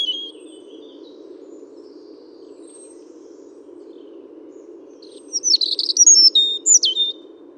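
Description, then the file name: European robin with a faint opening note, several seconds of near silence over a low hum, then a burst of high jumbled warbling and a descending whistle. "Erithacus rubecula"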